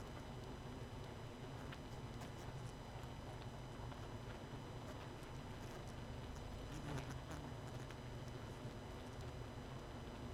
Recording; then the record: honeybee colony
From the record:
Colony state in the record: missing queen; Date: 31 May 2018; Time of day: 21:38